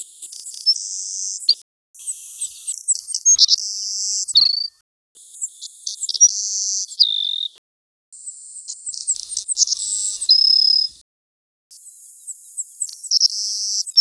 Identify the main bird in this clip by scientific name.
Passerculus sandwichensis